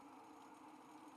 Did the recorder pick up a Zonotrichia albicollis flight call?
no